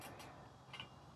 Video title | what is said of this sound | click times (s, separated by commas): CLASSIFIED POWERSHIFT: Full Suspension Gravel Bike Project - Part Four | on top and just pretty much snaps in place | 0.8 s